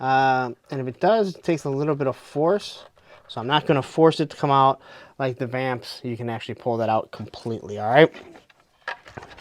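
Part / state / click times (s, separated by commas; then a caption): sliding plastic part on toy vehicle / seated / 8.9 s. Someone talks while handling a GI Joe Classified A.W.E. Striker toy vehicle, then slides a plastic part on it back down. The part locks into place with a sharp click at 8.9 s, surrounded by a few faint small clicks.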